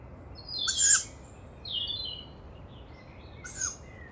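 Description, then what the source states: Young tawny owl producing a loud hissing wheeze, then a softer second one near the end, while small birds sing thin whistled notes. Young wild tawny owl overhead near a nest site, Bois de Vincennes, France, woodland, 29 May 2019 at 5:15 am; characteristic breathy call of young owls; recorded with Mixpre-3 and two MKH40 microphones.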